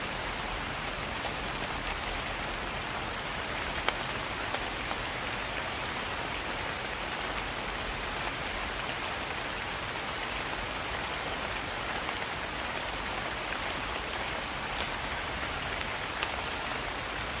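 Rain falls steadily through the trees in the forest at night, a dense, even hiss that never lets up. Scattered sharper drops tick through it now and then, with a brief louder one near four seconds. No thunder stands out.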